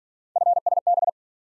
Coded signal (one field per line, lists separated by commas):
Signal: Morse code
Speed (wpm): 47 wpm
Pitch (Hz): 700 Hz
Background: none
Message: FSB